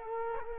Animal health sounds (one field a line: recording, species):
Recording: mosquito wingbeat signal from an infrared sensor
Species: Culex quinquefasciatus